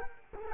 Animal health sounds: mosquito wingbeat signal from an infrared sensor; Culex quinquefasciatus

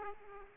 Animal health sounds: mosquito wingbeat signal from an infrared sensor; Aedes aegypti

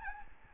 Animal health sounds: mosquito wingbeat signal from an infrared sensor; Aedes albopictus

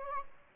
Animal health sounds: mosquito wingbeat signal from an infrared sensor; Anopheles gambiae

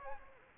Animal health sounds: mosquito wingbeat signal from an infrared sensor; Aedes aegypti

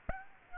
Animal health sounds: mosquito wingbeat signal from an infrared sensor; Aedes aegypti

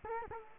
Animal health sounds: mosquito wingbeat signal from an infrared sensor; Culex quinquefasciatus

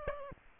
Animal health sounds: mosquito wingbeat signal from an infrared sensor; Aedes aegypti

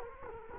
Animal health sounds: mosquito wingbeat signal from an infrared sensor; Culex quinquefasciatus

